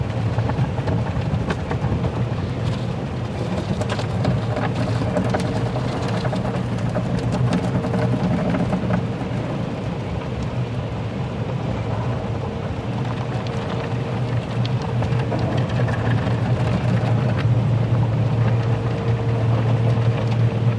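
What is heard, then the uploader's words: An automatic car wash runs with a dense, steady roar of spraying water and machinery that holds level for the whole stretch. A low motor hum sits underneath, with a faint tone around the middle and scattered sharp splashes and clatters throughout. Automatic Car Wash. The gentle vibrations of the brushes and the rhythmic splashing of the water. The white noise generated by the machines.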